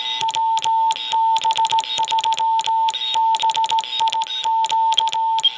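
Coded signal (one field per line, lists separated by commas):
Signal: Morse code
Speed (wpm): 16 wpm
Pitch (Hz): 900 Hz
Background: none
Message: WB3BIQ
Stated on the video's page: Pixie II two-transistor QRP transceiver, about 1/4 watt or less on CW, crisp pure note, in a Tic-Tac mint box, battery powered.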